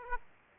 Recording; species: mosquito wingbeat signal from an infrared sensor; Aedes aegypti